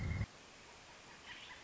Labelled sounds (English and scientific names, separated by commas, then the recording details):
Pileated Woodpecker (Dryocopus pileatus)
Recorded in Sonoma County, California